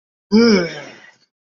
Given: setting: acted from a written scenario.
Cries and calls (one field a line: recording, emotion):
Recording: vocal sound without words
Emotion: disgust